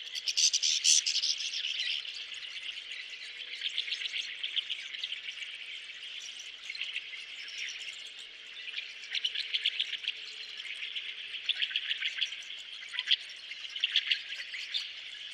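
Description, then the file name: Rosy starling song, a steady high chattering and rattling stream of scratchy notes that runs without pause, a little louder at the start. "jalak mawar"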